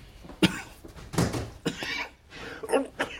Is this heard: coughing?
yes